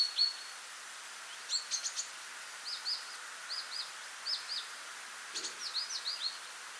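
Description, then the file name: Great tit calls: short high chirps followed by repeated paired down-slurred notes, given in small bursts over a steady hiss. "Parus major"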